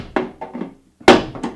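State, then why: Seated. A standard screwdriver applies slow pressure to push the hinge pins of a plastic lid into the base of an HC-2500 electronics enclosure. Two sharp pops are heard at 0.2 s and 1.1 s, the second louder, with fainter knocks in between. The lid's hinge pins are seated and installed.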